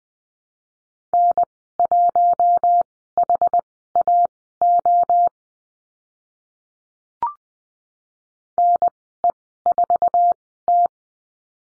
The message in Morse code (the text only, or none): N1HAO NE4T